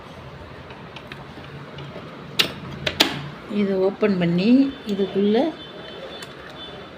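A metal bobbin case is handled at the open bobbin area of an electric sewing machine after its bobbin has been wound with thread and the tension checked. Sharp taps are heard around 2.4 s, 2.9 s and 3.0 s, then someone talks. Nothing has seated or clicked yet; the bobbin case is not yet in the shuttle.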